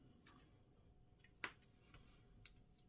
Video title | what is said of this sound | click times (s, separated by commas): Samsung X205 LCD Galaxy Tab A8 LCD | nice click is what you you want to hear | 1.4 s